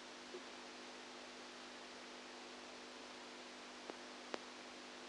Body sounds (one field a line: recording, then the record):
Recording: brain microelectrode recording played as sound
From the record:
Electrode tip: outside the subthalamic nucleus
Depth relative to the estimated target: -10 mm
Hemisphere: right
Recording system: NeuroSet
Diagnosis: Parkinson's disease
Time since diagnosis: 10 years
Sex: female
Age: 67 years